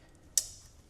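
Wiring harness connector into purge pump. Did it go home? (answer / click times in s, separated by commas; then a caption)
yes / 0.4 s. A plastic wiring harness connector is pushed onto the new purge pump of a 2020–2021 Buick Encore GX during a purge pump replacement to fix code P1467. After a very faint tick at 0.2 s, a single sharp, bright click with energy concentrated at high frequencies comes at 0.4 s and fades over a short tail. The connector is seated, clicked in place.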